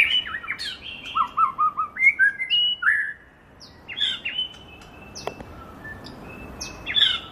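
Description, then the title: Bird song: a rapid series of varied whistled and chirping notes, some bright up-slurs and quick trills, then quieter scattered chips after a pause. Masteran (training) recording for songbirds. "LuckyBurung MasteranBest"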